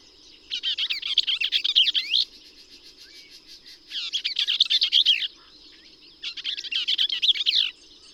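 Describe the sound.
Bell's vireo: three rapid, harsh, run-together warbling phrases, each near one and a half seconds, separated by pauses, over a faint high hum.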